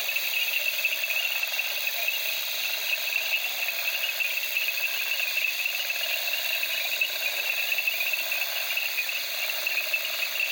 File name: Africa Okavago night crickets frogs in reeds